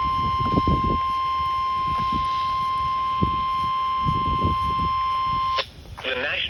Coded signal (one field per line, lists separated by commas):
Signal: Emergency Alert System (SAME) tones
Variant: 1050 Hz attention tone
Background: speech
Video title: (EAS #88) Severe Thunderstorm Warning